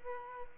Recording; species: mosquito wingbeat signal from an infrared sensor; Aedes aegypti